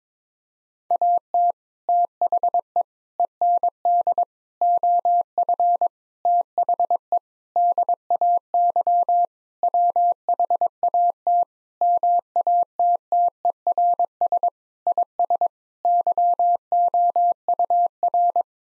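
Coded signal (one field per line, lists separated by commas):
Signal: Morse code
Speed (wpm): 22 wpm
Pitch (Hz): 700 Hz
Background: none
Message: AT THE END OF THE DAY WHAT MATTERS IS YOUR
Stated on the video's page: Morse practice at 22 wpm, sentences with common six-word phrases, sent, spoken, then sent again for head-copy.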